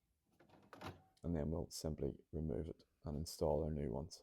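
The bottom of the black ink cartridge in the carriage of an HP DeskJet 4310 printer is pushed down, giving a short click at about 0.7 s. The cartridge tilts at an angle and is freed from the carriage so it can be pulled out. Someone talks during the clip.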